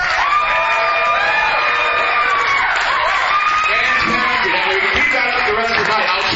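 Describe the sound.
A live audience in Portland, Oregon, asked to clap, roars steadily for several seconds, a dense wash of cheers, whoops and high shouts from many voices, with clapping blended into the loud, continuous din.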